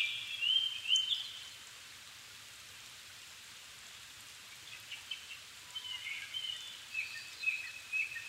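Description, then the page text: Japanese thrush song: a loud whistled phrase, a pause, then a run of softer varied notes, against steady background hiss. Recorded 7 May 2011 at 17:59, evening; altitude 270 m; Sony PCM-D50 recorder with Panasonic WM-61A mic. "Turdus cardis [Sounds -Nikko Today-]"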